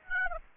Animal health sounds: mosquito wingbeat signal from an infrared sensor; Aedes aegypti

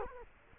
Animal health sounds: mosquito wingbeat signal from an infrared sensor; Culex quinquefasciatus

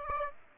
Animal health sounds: mosquito wingbeat signal from an infrared sensor; Aedes aegypti

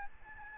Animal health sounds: mosquito wingbeat signal from an infrared sensor; Aedes albopictus

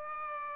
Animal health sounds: mosquito wingbeat signal from an infrared sensor; Aedes aegypti

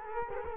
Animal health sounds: mosquito wingbeat signal from an infrared sensor; Culex quinquefasciatus

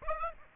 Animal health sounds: mosquito wingbeat signal from an infrared sensor; Aedes aegypti

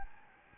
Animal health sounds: mosquito wingbeat signal from an infrared sensor; Aedes albopictus

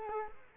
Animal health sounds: mosquito wingbeat signal from an infrared sensor; Culex quinquefasciatus

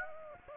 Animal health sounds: mosquito wingbeat signal from an infrared sensor; Aedes aegypti

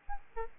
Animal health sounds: mosquito wingbeat signal from an infrared sensor; Aedes albopictus

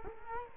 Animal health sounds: mosquito wingbeat signal from an infrared sensor; Culex quinquefasciatus

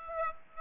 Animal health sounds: mosquito wingbeat signal from an infrared sensor; Aedes aegypti

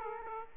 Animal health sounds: mosquito wingbeat signal from an infrared sensor; Aedes aegypti

